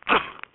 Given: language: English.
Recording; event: throat vibration sensor signal played as sound; cough